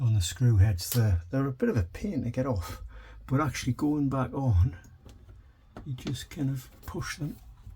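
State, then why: Not seated. Someone talks while handling a small plastic cover cap, pushed by hand onto a screw head on a motorhome shower wall panel. A faint short tap is heard around 5.1 s between the words. The cap has not yet clicked into place.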